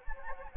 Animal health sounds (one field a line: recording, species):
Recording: mosquito wingbeat signal from an infrared sensor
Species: Anopheles gambiae